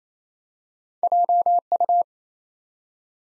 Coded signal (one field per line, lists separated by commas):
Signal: Morse code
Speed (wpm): 28 wpm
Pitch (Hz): 700 Hz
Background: none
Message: JU